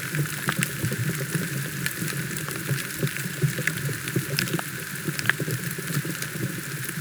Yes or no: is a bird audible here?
no